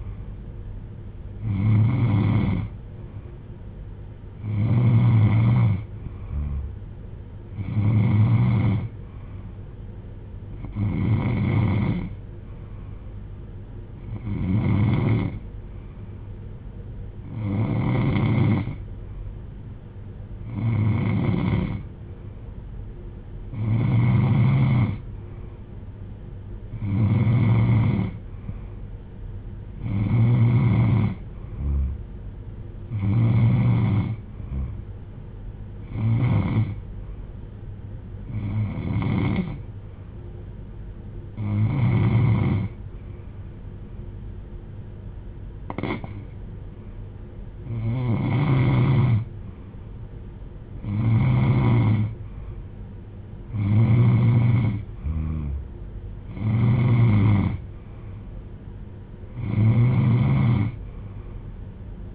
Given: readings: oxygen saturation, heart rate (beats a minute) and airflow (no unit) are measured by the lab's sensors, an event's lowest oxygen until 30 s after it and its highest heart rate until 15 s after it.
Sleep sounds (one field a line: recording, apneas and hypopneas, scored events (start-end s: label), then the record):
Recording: breathing in sleep by a smartphone at the bedside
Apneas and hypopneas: none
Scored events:
none scored
From the record:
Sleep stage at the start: N3 (deep sleep)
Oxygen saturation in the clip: 92 to 94%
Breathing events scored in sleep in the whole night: 310 in 8.1 hours asleep